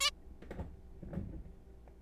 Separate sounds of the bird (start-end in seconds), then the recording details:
0.01-0.10. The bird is a juvenile. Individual R3428